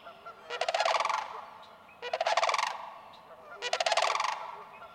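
Sandhill crane rattling bugles, three loud rolling calls spaced about one and a half seconds apart.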